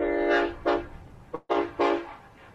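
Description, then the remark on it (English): A train horn sounds in four loud, rich-toned blasts, two short pairs split by a brief gap, each a steady, chord-like honk that fades slightly at the end. “There's a lot of trains here.”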